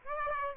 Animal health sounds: mosquito wingbeat signal from an infrared sensor; Aedes aegypti

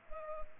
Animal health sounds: mosquito wingbeat signal from an infrared sensor; Culex pipiens

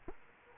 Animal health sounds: mosquito wingbeat signal from an infrared sensor; Culex quinquefasciatus

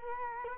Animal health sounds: mosquito wingbeat signal from an infrared sensor; Culex quinquefasciatus

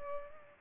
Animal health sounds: mosquito wingbeat signal from an infrared sensor; Culex pipiens

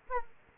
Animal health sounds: mosquito wingbeat signal from an infrared sensor; Aedes aegypti

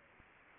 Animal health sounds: mosquito wingbeat signal from an infrared sensor; Anopheles gambiae

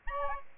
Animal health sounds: mosquito wingbeat signal from an infrared sensor; Aedes albopictus

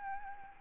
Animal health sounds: mosquito wingbeat signal from an infrared sensor; Aedes albopictus

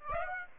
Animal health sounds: mosquito wingbeat signal from an infrared sensor; Aedes aegypti

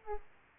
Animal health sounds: mosquito wingbeat signal from an infrared sensor; Aedes aegypti

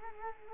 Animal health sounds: mosquito wingbeat signal from an infrared sensor; Culex quinquefasciatus

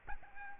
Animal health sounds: mosquito wingbeat signal from an infrared sensor; Aedes albopictus

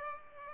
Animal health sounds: mosquito wingbeat signal from an infrared sensor; Aedes aegypti

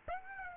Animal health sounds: mosquito wingbeat signal from an infrared sensor; Aedes aegypti

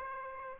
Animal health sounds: mosquito wingbeat signal from an infrared sensor; Aedes aegypti

